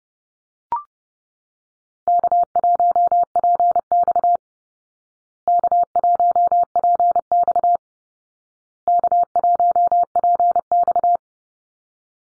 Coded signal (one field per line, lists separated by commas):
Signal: Morse code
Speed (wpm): 30 wpm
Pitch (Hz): 700 Hz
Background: none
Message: K1PX K1PX K1PX